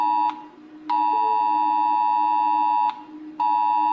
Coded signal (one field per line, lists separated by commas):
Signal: Emergency Alert System (SAME) tones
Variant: 853 and 960 Hz attention tone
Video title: I made drawings for eas alarms part 1